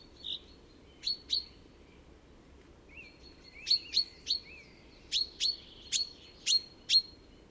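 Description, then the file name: Common chaffinch giving short, sharp high call notes, first scattered, then in a loose run of about five clipped chinks over the final three seconds, with faint thin notes between. "Fringilla coelebs"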